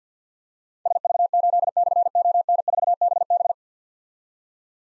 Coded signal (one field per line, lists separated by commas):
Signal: Morse code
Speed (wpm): 51 wpm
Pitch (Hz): 700 Hz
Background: none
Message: SV8/ON4BB